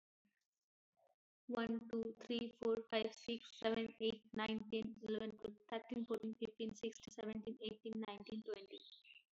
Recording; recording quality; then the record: counting at a fast pace; poor, much background noise or distortion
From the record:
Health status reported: healthy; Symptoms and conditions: none ticked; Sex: female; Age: 29 years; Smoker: not ticked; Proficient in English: no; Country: India